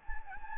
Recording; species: mosquito wingbeat signal from an infrared sensor; Anopheles gambiae